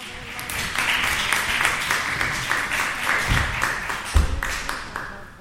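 An audience applauds steadily for several seconds, a dense wash of many hands clapping at once, with a couple of louder individual claps standing out near the end.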